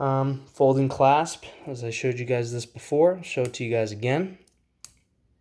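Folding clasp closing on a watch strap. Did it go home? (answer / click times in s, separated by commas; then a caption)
yes / 4.9 s. Someone talks as the metal folding deployant clasp on the strap of a Hamilton H32515155 watch from the Jazzmaster collection is closed. After the talking stops, the clasp snaps shut with a single sharp click at 4.9 s, and it is seated.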